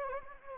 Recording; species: mosquito wingbeat signal from an infrared sensor; Anopheles arabiensis